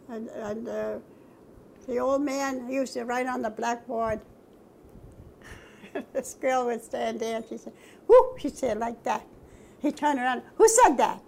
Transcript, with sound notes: And the old man used to write on the blackboard, [laughs] and this girl would stand there and she'd say, "Whoo!" she'd say, like that. He'd turn around, "Who said that?"